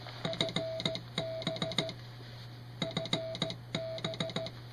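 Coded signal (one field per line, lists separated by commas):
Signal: Morse code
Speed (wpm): 15 wpm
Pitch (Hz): 650 Hz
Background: music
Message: FB FB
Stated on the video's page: Morse from a low-power retro station built around two peanut tubes.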